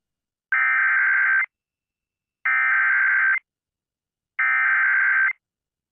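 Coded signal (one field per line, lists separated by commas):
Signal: Emergency Alert System (SAME) tones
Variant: header bursts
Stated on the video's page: Severe thunderstorm warning alerts recorded off the air from NOAA weather radio, AM, FM and TV stations around Fort Worth, TX.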